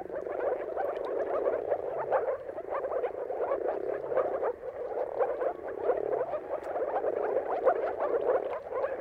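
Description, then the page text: Moor frogs calling in a dense chorus, many soft, low bubbling notes overlapping continuously with no pauses. Mating calls of a moor frog chorus at sunrise, around the turn of March and April, timing depending on weather. "Dawn’s Chorus: Mating Calls of Marsh Frogs at Sunrise. Depending on the weather at the turn of March and April, you can witness an amazing spectacle of moor frogs. Jakub-Orzecki moor frogs"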